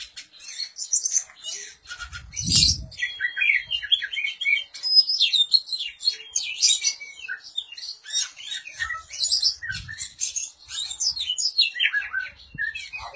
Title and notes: suara kacer. kumpulan suara burung kacer